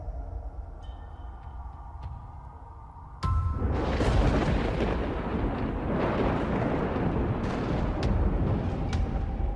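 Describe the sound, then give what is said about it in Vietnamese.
A low, steady rumble gives way to a sudden loud crack of thunder from a lightning strike around three seconds in, followed by heavy, sustained rolling thunder that stays loud to the end. “Đúng lúc ở bên ngoài trời, tiếng sấm đì đùng vang lên, kèm theo một tia sét chiếu xuống, sáng rực cả bầu trời.”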